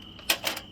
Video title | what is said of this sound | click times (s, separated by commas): പേടിച്ചു വിരണ്ട നിമിഷങ്ങൾ 😣🫤/Hatta /Suhaila Lake.. #hatta #suhaila #dubai #cooking @anjalijeev | lock ആയി മനസ്സിലായി എന്നിട്ട് ഇത് വെക്കുന്നു | 0.3 s